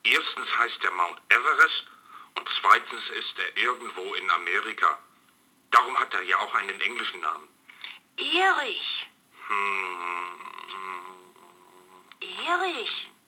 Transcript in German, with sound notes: Erstens heißt der Mount Everest, und zweitens ist er irgendwo in Amerika! Darum hat er ja auch einen englischen Namen!
(erschrocken) Erich!
Hmmm?
Erich,